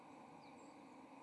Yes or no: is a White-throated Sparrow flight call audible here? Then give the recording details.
no. No flight call is heard. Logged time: 11:23 on 30 October 2014